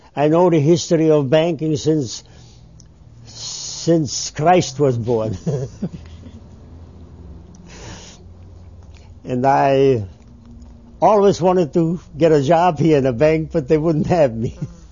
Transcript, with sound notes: I know the history of banking since, since Christ was born. (They laugh.) And I always wanted to get a job here in a bank, but they wouldn't have me.